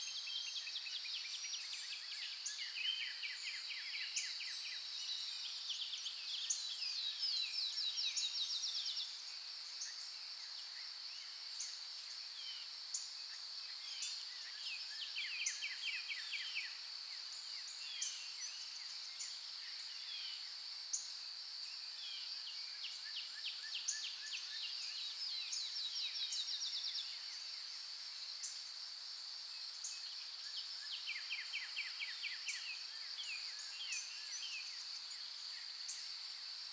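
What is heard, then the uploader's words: Birds sing in a forest over a constant high, shrill insect drone that runs the whole time. Bursts of quick trilling chirps come and go every few seconds, with the busiest calling near the start and around the middle, while the low end stays quiet. Birds in the Forest.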